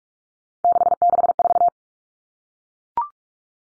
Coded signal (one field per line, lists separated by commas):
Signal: Morse code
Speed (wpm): 44 wpm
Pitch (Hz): 700 Hz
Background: none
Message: 664